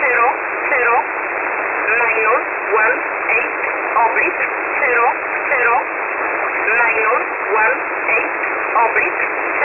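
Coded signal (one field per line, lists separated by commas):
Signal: numbers station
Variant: E11 Oblique, English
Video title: E11 Oblique 30/01/2024 1430 UTC 13363kHz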